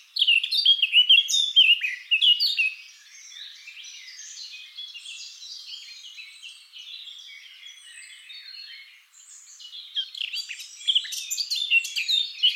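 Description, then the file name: Eurasian blackcap song with busy, scratchy warbled notes at the start, a long stretch of softer continuous twittering, and a renewed bright burst at the end. "Sylvia atricapilla"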